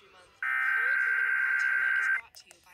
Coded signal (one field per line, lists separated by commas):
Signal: Emergency Alert System (SAME) tones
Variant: header bursts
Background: speech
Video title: Required Weekly Test on multiple stations... (3/22/23) (EAS #2,024 - 2,028) (SEE DESC FOR STATIONS)